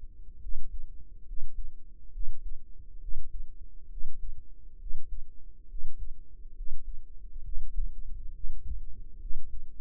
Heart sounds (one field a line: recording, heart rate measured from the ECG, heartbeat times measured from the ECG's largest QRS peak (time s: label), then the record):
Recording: heart sounds by microphone in the right ear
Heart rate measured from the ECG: 68 bpm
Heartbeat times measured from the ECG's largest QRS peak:
0.39 s: heartbeat
1.24 s: heartbeat
2.10 s: heartbeat
2.98 s: heartbeat
3.87 s: heartbeat
4.77 s: heartbeat
5.66 s: heartbeat
6.53 s: heartbeat
7.42 s: heartbeat
8.31 s: heartbeat
9.17 s: heartbeat
From the record:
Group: healthy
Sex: female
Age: 22 years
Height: 160 cm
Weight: 45 kg